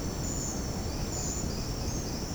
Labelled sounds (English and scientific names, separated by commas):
none